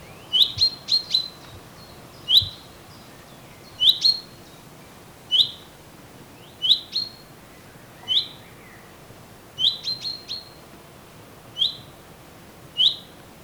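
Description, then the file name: Common chaffinch calling, short sharp high chips repeated irregularly, often in pairs or triplets, roughly every one to two seconds over steady background noise. "Fringilla coelebs"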